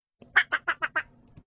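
Duck quacking, five harsh nasal quacks in quick succession.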